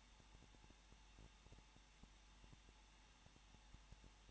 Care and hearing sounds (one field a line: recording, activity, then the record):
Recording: daily activity, microphone in the room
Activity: no activity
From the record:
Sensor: 1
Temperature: 20.1 degrees Celsius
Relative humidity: 39.4%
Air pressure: 1006.4 hPa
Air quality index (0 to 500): 219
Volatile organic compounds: 81 ppm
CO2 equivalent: 3611 ppm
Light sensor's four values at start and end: 1/2/1/1 and 1/2/1/1